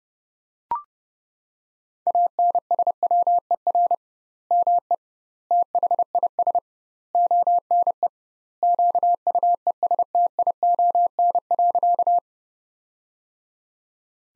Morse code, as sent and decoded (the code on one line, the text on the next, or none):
.- -. ... .-- . .-. / -- . / - .... .. ... / --- -. . / --.- ..- . ... - .. --- -. .-.-.-
ANSWER ME THIS ONE QUESTION.